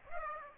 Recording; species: mosquito wingbeat signal from an infrared sensor; Aedes aegypti